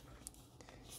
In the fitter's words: It just snaps in, and then you just work it all the way down, just like that.